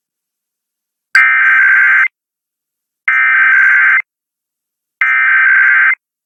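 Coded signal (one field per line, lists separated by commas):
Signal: Emergency Alert System (SAME) tones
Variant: header bursts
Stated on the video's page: Real weekly EAS tests caught from radio networks.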